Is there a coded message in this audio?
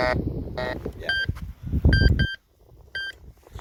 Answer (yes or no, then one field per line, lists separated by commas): no